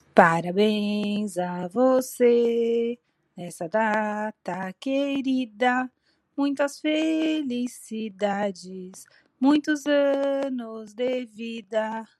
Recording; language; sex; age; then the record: short text; Brazilian Portuguese; female; 30 to 39 years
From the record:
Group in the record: control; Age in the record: 37 years